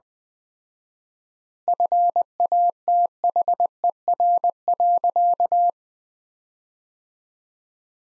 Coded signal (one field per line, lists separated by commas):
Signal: Morse code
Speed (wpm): 20 wpm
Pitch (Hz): 700 Hz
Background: none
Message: FATHER.